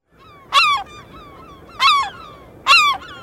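Slaty-backed Gull giving three loud, harsh calls about a second apart, each a brief strident note falling in pitch, over soft background noise.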